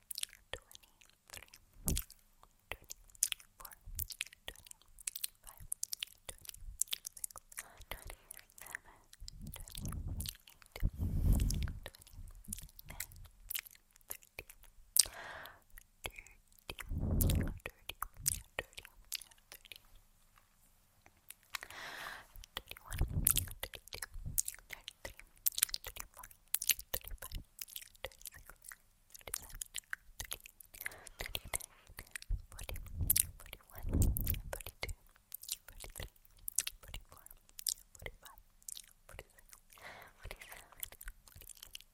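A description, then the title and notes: Wet mouth sounds with soft clicks and chewing-like smacks, dense and irregular, with a few fuller low bursts around 11, 17 and 33 seconds. Mouth Sounds, Light Tapping.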